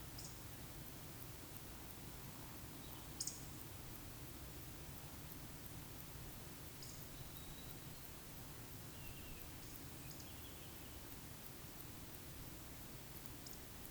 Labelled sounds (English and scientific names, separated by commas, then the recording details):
Eurasian Woodcock (Scolopax rusticola) whistle, Eurasian Woodcock (Scolopax rusticola) croak
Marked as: whistle, croak, whistle, whistle, whistle, whistle, whistle
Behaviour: display flight
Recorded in Baden-Württemberg, Germany, on 13 June 2021 at 20:08 UTC
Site 23718, 552 m above sea level